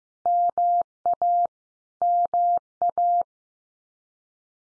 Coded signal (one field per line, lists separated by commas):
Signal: Morse code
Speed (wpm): 15 wpm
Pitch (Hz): 700 Hz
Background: none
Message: MA MA